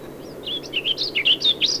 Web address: Warbling Vireo Sounds --LNSCourse Cassette